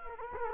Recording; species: mosquito wingbeat signal from an infrared sensor; Culex quinquefasciatus